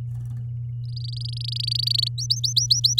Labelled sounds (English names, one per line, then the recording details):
Domestic Canary song
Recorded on 10 May 2018 at 11:47
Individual llb16